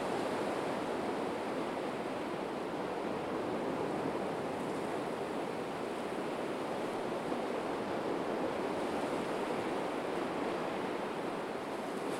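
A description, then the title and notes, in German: Wind sweeps through dune grass on a Baltic shore, a dense, steady rush with fine rustling texture across the full 12 seconds. The sound stays even in loudness, mid-pitched and airy, with a faint wash like surf folded into the background. Wir hören dem Wind zu, der durch das Dünengras an der Ostseeküste streicht.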